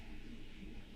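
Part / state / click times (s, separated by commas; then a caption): watch crown into the watch case stem detent / not seated / none. The winding crown of an automatic wristwatch is handled as it is about to be pushed back in one position toward the date-setting detent on the stem in the watch case. Only a steady, low background hum is heard, with no sharp transients. Nothing has seated or clicked yet.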